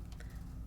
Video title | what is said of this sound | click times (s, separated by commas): Take 2 Tuesday Class 21. Happy Holidays with New Stacey Park Christmas by Sizzix launching July 1st | Bam Bam kind of clicks into place you push it down | 0.1 s, 0.2 s